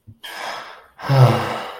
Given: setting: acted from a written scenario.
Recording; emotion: vocal sound without words; guilt